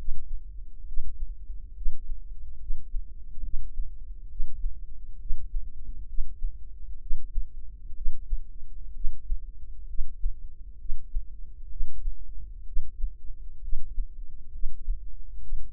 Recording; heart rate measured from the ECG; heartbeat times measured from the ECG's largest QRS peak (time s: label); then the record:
heart sounds by microphone in the left ear; 66 bpm
0.85 s: heartbeat
1.73 s: heartbeat
2.58 s: heartbeat
3.41 s: heartbeat
4.28 s: heartbeat
5.18 s: heartbeat
6.06 s: heartbeat
6.99 s: heartbeat
7.94 s: heartbeat
8.92 s: heartbeat
9.86 s: heartbeat
10.77 s: heartbeat
11.68 s: heartbeat
12.64 s: heartbeat
13.60 s: heartbeat
14.51 s: heartbeat
15.40 s: heartbeat
From the record:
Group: healthy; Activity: breath hold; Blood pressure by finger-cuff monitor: 97/61 mmHg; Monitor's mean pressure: 72 mmHg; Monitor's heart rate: 67 bpm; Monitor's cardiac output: 6 L/min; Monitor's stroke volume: 90 mL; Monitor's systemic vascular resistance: 820 dyn s/cm5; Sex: female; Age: 22 years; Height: 157 cm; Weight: 47.6 kg